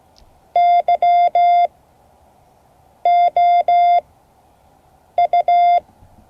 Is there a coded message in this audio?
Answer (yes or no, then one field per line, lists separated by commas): yes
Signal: Morse code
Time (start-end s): 0.6-5.8 s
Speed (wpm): 16 wpm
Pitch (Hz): 700 Hz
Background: none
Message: YOU